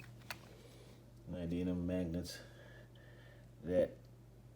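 A costume armor panel on an Iron Man MK 39 suit is handled near its neodymium magnet mount, with a brief sharp tick near the start and someone talking. Nothing has seated or clicked into place yet.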